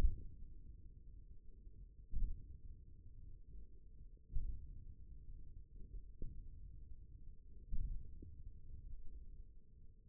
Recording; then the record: forearm muscle sounds (acoustic myography)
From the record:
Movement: hook grip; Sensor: system 1, eight BSWA MPA416 microphones around the upper forearm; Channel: 4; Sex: male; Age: 28 years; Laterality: right